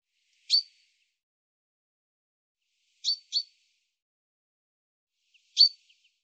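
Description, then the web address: Common chaffinch giving short, sharp, high call notes: a single note, a quick double note a few seconds later, then another single note, with silence between. "Deverinetal 2025 File cleaned normalized Bird Fr Co"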